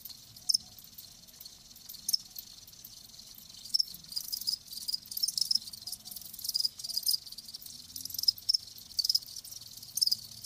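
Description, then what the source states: Crickets chirping in a steady high trill, with brief louder bursts scattered irregularly throughout. Live crickets chirping.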